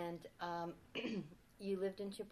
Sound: clears throat

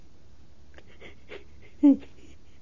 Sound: she laughs

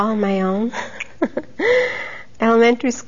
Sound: she laughs

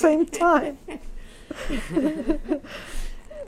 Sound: they laugh

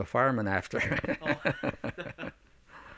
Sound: they laugh

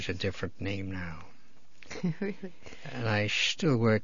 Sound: laughs

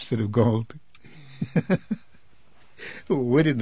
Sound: he laughs

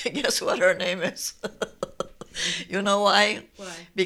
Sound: she laughs

